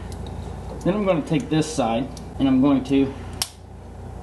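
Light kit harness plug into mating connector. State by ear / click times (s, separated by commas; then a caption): seated / 3.4 s. Someone talks while pushing the other side's light kit harness plug into its mating connector on a 2021 RZR XP 1000 fang lights and turn signal kit. A single sharp click is heard at 3.4 s as the connector seats.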